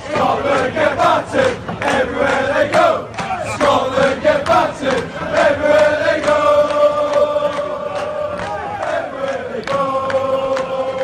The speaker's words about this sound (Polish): A to byli śpiewający Szkoci, którzy przyjeżdżają do Londynu i no, śpiewają.